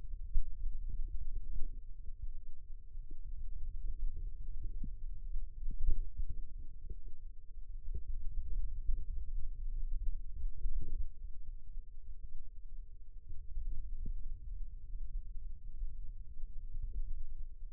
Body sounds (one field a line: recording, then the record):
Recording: forearm muscle sounds (acoustic myography)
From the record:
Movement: hand opening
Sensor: system 2, bracelet of six BSWA MPA416 microphones around the upper forearm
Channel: 6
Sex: female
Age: 22 years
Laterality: right